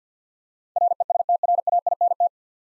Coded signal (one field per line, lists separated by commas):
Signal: Morse code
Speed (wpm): 50 wpm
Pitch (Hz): 700 Hz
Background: none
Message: RESTRAINT